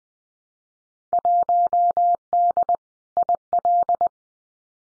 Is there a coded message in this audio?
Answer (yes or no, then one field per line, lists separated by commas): yes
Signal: Morse code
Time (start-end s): 1.1-4.1 s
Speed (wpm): 20 wpm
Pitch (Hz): 700 Hz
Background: none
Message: 1D IL